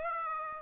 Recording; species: mosquito wingbeat signal from an infrared sensor; Aedes aegypti